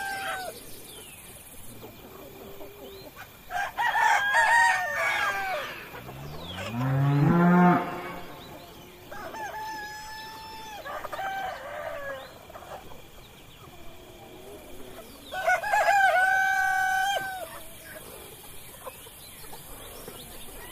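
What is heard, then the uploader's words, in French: Farm animals: roosters crow loudly around four, seven and sixteen seconds, with hens clucking in between over a steady faint hiss. A la ferme avec ses animaux.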